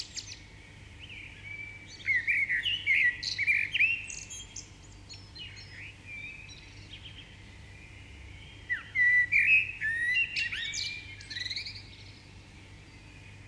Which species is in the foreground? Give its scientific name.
Turdus merula